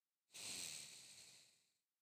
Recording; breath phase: one breath near a microphone; exhalation